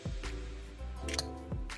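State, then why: Not seated. A plastic model kit part is handled against its mating plastic part, with soft handling noises and brief ticks over steady background music. Nothing has seated or clicked yet; the part is not yet home.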